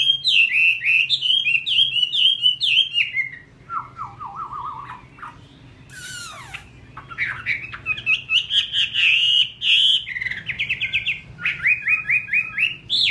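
Chinese hwamei song with rapid slurred whistles, a lower repeated phrase, a sharp squeak, then long runs of quick rising notes over a low hum.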